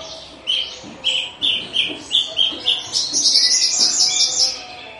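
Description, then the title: Horsfield's bush lark repeating short chirped notes in quick succession, then breaking into a higher, buzzy rattling trill before fading. Situbondo, East Java. "Branjangan Javanica Ktp Situbondo Jatim"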